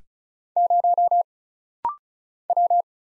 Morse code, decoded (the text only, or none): 0 W